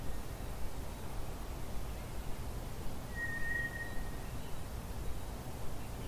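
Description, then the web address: White's thrush song: a single long, thin, steady whistle on one pitch, about a second long, over a low rumbling background. "drozd"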